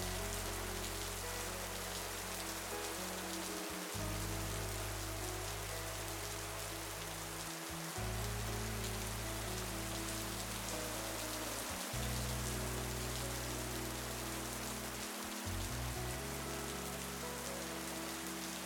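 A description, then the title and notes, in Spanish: Heavy rain pours steadily, a dense, bright hiss of drops that stays constant from start to finish. Beneath it, soft low music moves through sustained chords that change roughly every four seconds, warm under the rain. Sonido Auténtico de LLUVIA INTENSA y MÚSICA Suave. Sonido realista de lluvia intensa y una música relajante. El sonido de una fuerte lluvia envuelve tu mente.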